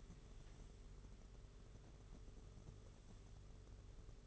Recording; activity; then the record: daily activity, microphone in the room; sweep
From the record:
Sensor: 4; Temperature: 27.1 degrees Celsius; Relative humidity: 38.3%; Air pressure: 992.2 hPa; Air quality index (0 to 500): 110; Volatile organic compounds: 18 ppm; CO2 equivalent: 2631 ppm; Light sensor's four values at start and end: 23/79/29/31 and 23/79/29/31